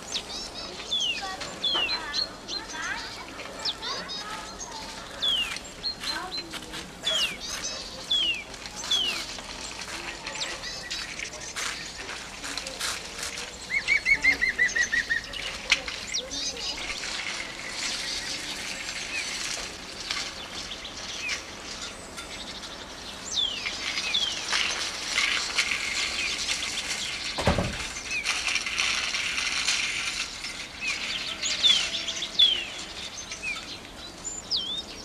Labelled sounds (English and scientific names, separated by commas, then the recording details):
Great Tit (Parus major) song
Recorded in the wild
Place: Oberstdorf, Bayern, DE
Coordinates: 47.4436, 10.2944
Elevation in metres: 849
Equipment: Uher 4000 Report
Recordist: Tretzel, Erwin